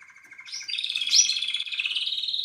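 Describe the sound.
Canary song, a fast rolling trill that steps up in pitch and holds steady, bright and continuous.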